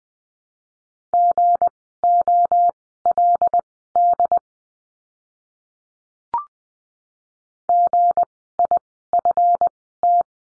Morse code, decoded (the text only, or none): GOLD GIFT